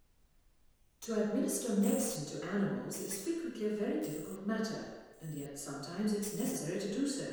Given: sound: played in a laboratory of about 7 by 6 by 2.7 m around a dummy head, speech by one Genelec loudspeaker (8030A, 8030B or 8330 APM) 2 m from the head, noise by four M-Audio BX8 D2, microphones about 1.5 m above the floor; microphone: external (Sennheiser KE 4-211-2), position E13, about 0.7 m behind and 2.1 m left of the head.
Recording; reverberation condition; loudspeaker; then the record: female speech in English; high; 30 degrees to the right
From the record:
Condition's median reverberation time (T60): about 1300 ms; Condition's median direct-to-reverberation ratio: about -4.0 dB